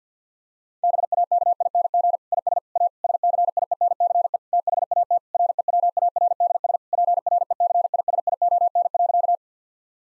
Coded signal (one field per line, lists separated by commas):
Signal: Morse code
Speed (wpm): 50 wpm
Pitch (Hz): 700 Hz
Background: none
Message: BAKING IS A SCIENCE THAT REWARDS PRECISION.